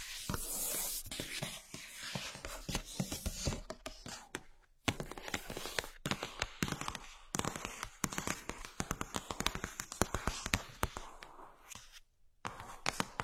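Tapping and knocking sounds come in quick, irregular bursts, each strike sharp and bright. A hissy rush fills the first second. Brief silent gaps fall near four and a half seconds and around twelve seconds before the clicking picks up again.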